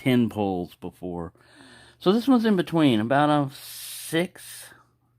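A man talks about a slip-joint gunstock pocket knife while working its steel blade, which rides on a backspring, and brief rubbing and a soft hiss sound between his words. The clip ends before the blade snaps into place, so nothing has seated or clicked yet.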